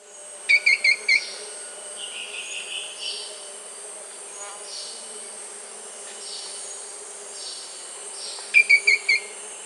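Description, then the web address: Dwarf tyrant-manakin song: a brief burst of four quick buzzy notes, heard at the start and again near the end, over a steady high insect hiss. In Peru and Brazil, Amazon region. "Birds of the Amazon 3. Dwarf Tyrant-Manakin (Tyranneutes stolzmanni), Peru, Brazil"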